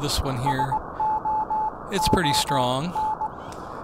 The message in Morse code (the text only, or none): SOON